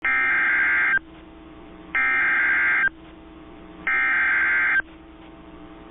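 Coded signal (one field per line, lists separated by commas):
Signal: Emergency Alert System (SAME) tones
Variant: header bursts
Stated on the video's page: Tornado Warning with valid EAS tones.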